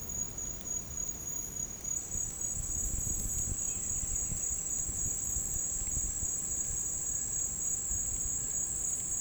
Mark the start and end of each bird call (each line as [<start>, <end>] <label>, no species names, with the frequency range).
[3.50, 9.20] bird call (1.1-4.0 kHz)